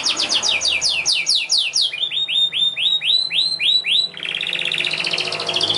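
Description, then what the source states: Canary song with rapid repeated slurred notes that drop to a lower series of rising whistles, ending in a fast, rattling buzzy trill. Young canary song used as a lure and tutor song for training other canaries.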